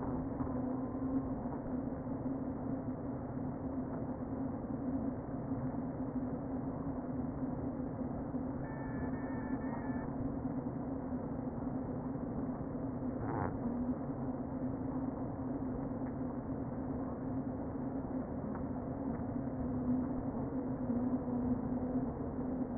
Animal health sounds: honeybee colony, microphone inside the hive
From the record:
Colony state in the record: queen present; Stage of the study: before two queens were removed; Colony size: about 60,000 bees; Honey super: yes

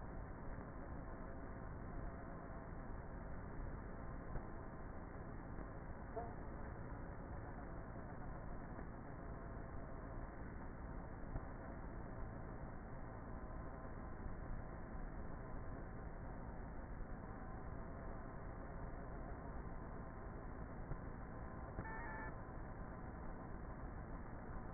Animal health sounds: honeybee colony, microphone inside the hive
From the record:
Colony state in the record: queenless with a low population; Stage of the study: before two queens were removed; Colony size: about 30,000 bees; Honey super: no

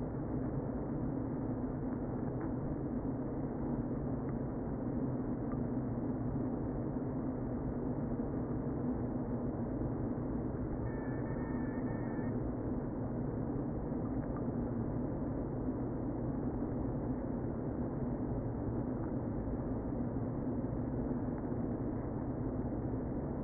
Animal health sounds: honeybee colony, microphone inside the hive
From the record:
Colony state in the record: queen present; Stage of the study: before two queens were removed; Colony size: about 60,000 bees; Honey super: yes

